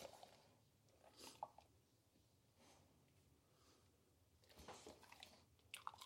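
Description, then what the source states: Dog crunching and chewing dry food, with bursts of crunching at the start and again toward the end, separated by quieter breathing and mouth sounds. Dog eating dry food and sniffing.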